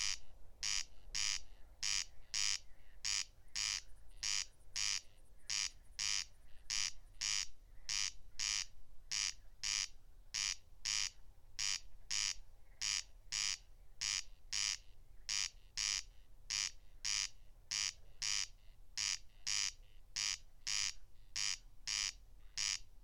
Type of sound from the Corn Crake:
song